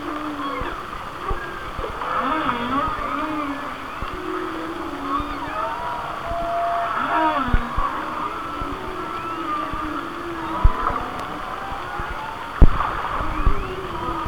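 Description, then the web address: Whale song: repeated low moans with upward and downward bends, set in heavy rumbling noise with a few sharp knocks. "Natures Songs Whale Songs Whale Songs"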